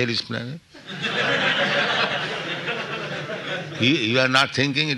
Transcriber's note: laughter